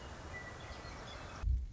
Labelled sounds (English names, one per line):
Western Meadowlark